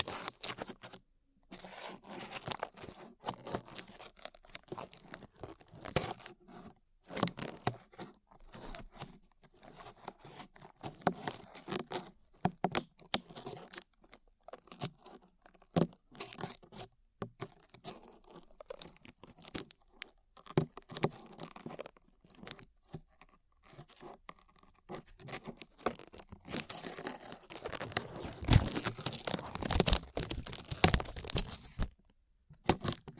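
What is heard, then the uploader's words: Glue being peeled off skin makes dense, irregular crackling and sticky tearing bursts throughout, with brief gaps, growing brighter and busier near the end. ASMR Peeling Glue Off Your Ears (No Talking).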